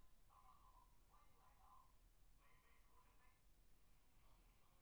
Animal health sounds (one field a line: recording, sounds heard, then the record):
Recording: poultry house recording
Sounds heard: no chicken sound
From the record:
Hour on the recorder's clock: 13